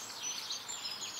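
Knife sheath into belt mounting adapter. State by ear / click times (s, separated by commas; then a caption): not seated / none. A plastic sheath for a Mora Kansbol knife is handled as it is brought toward its plastic belt mounting adapter. Only a steady, hissy background noise concentrated in the upper frequencies is heard, with no sharp transients. Nothing has seated or clicked yet.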